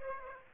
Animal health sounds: mosquito wingbeat signal from an infrared sensor; Aedes aegypti

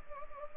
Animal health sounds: mosquito wingbeat signal from an infrared sensor; Anopheles arabiensis

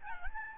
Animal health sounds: mosquito wingbeat signal from an infrared sensor; Aedes albopictus

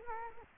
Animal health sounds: mosquito wingbeat signal from an infrared sensor; Culex quinquefasciatus

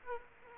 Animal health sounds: mosquito wingbeat signal from an infrared sensor; Aedes aegypti

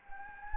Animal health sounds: mosquito wingbeat signal from an infrared sensor; Anopheles gambiae

